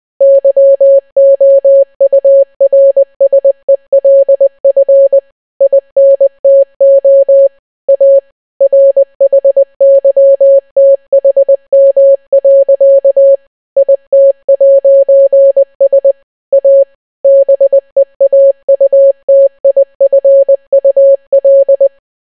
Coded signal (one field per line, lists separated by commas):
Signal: Morse code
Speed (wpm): 20 wpm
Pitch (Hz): 550 Hz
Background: none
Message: YOURSELF INTO A RHYTHM. IT'S A BEAUTIFUL